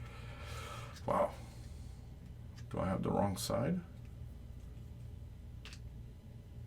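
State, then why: Seated. Someone talks while pushing a plastic McFarlane Starro build-a-figure part into the action figure body's socket, briefly wondering if it is on the wrong side. A sharp snap is heard at 5.7 s, and the part is seated.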